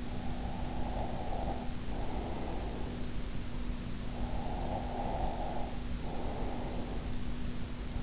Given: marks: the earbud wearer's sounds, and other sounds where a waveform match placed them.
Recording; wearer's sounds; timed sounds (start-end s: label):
sounds in sleep by an in-ear microphone; breath
0.00-3.28 s: breath
4.08-6.94 s: breath